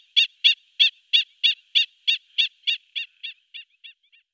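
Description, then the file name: Black-winged stilt calling in a steady series of sharp, nasal kek notes, about three per second, fading gradually toward the end. "ciguenuela comun"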